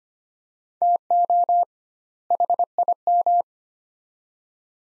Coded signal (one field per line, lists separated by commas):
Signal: Morse code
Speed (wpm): 25 wpm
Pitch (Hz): 700 Hz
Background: none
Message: TO HIM